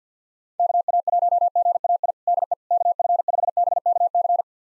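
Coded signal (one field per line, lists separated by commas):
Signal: Morse code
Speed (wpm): 50 wpm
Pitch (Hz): 700 Hz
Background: none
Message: KA1GAI DE KF5BKC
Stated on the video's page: Morse drill of 6-character call sign pairs at 50 wpm, each sent, spoken, then sent again.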